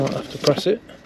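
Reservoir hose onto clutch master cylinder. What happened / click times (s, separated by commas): Handled, not yet home: hose pushed toward its port, no seating sound / none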